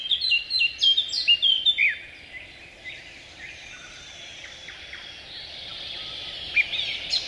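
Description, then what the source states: Eurasian blackcap song: a short run of loud, clear notes at first, then softer, hurried warbling over a steady background hiss. A listener's requested favourite, played on the radio; fluting notes near the song's end are a good field mark, though individuals vary; compared with the garden warbler, also a skilled singer.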